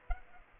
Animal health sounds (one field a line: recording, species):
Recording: mosquito wingbeat signal from an infrared sensor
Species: Culex pipiens